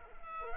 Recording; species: mosquito wingbeat signal from an infrared sensor; Culex pipiens